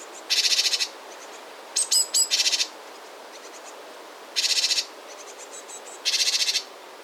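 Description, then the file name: Great tit giving harsh, buzzy churring bursts, each about half a second long, with a quick chatter of sharp notes before the second burst, over a steady faint hiss. "Parus major"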